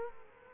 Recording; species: mosquito wingbeat signal from an infrared sensor; Culex quinquefasciatus